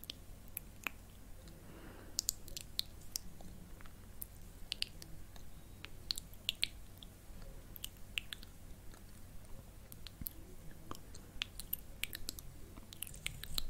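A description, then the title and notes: Dry tapping and light touching sounds come in quick irregular bursts, crisp clicks scattered densely through the whole clip with short pauses between clusters. A faint low hum and soft rustling sit underneath. ASMR Personal Attention For Tingles Face Touching, Camera Tapping, Air Tracing.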